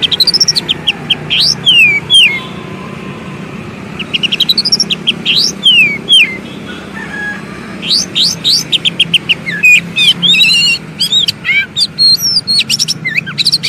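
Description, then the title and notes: Oriental magpie-robin song: loud varied whistled phrases of sweeping, slurred notes, in bursts with short pauses, over a low steady hum. Long-duration song intended for training birds, played day and night. "Kacer Jadi Gacor Siang Malam. Isian Kacer Durasi Panjang"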